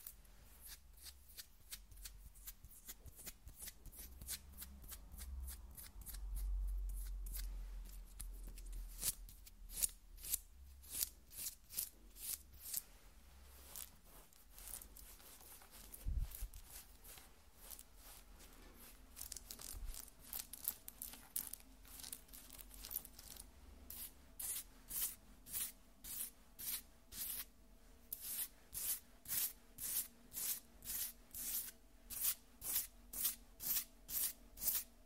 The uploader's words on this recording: ASMR Skin Scratching 1 Hour (No Talking).